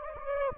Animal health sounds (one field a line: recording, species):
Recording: mosquito wingbeat signal from an infrared sensor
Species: Anopheles gambiae